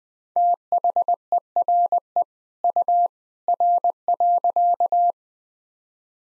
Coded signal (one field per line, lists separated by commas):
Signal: Morse code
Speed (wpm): 20 wpm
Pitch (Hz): 700 Hz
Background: none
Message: THERE U R.